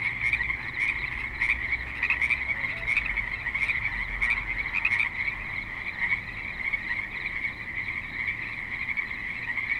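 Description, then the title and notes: Frogs croaking in a dense chorus, a few stronger repeated calls rising above it. Frogs at a creek in suburban Spanish Springs, Nevada. "Frogs in Spanish Springs, NV - creek view. Frogs with light traffic and other suburban sounds"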